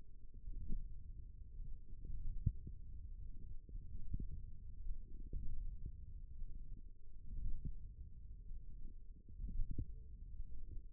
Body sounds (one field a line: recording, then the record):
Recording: forearm muscle sounds (acoustic myography)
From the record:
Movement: hand closing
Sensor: system 1, eight BSWA MPA416 microphones around the upper forearm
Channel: 2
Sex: female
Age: 21 years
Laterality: right